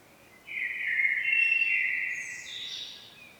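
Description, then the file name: Common blackbird giving one sustained fluty phrase that trails into thin, high twittering notes before fading. "Turdus merula"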